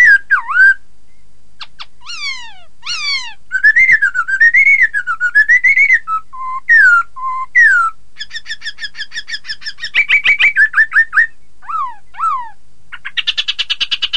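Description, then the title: Laughingthrush song, long and varied: slurred whistles, rolling warbles, low hollow notes and buzzy trills, ending in a fast, harsh chatter. "Suara Kicau Burung Poksay"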